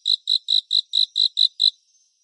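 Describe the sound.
Cricket chirping, eight short, high pulsed chirps in quick, even succession before falling silent.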